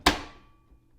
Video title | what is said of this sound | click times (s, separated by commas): How to Install Ink Cartridges in Canon PIXMA MG2525 & MG2522 Printer | and it needs to click so you can push it with your thumb I find this is the easiest solution let me show you again | 0.1 s